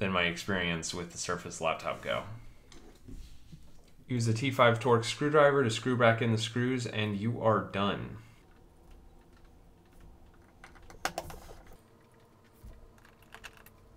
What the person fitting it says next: now it seems that the feet do snap into place